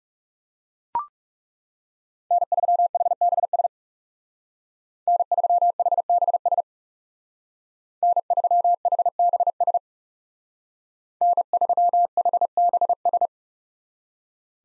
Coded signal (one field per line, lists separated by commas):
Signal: Morse code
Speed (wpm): 35 wpm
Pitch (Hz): 700 Hz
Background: none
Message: N3HBS N3HBS N3HBS N3HBS